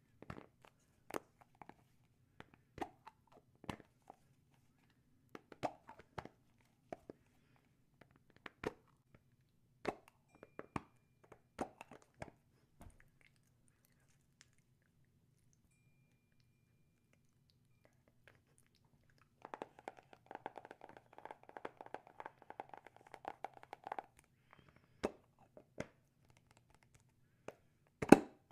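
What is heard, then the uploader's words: Quiet wet rubbing and sharp clicks scattered through near-silence, with a denser burst of squishy lotion sounds around twenty seconds. Scalp Massage Lotion Ear Massage and Fast Triggers.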